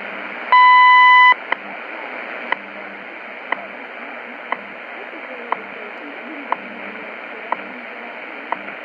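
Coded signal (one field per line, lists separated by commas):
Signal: radio time signal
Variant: WWV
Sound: a long steady beep, then eight short clicks, one each second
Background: radio static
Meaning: The long 1000 Hz tone marks the start of a new minute; each tick marks a second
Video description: WWV Universal Time Signal Station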